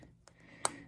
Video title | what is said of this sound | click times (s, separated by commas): THE FULL 10-HOUR Super Hawk Motorcycle Restoration Project - EVERY VIDEO | And there you can start to hear that snap. | 0.3 s, 0.6 s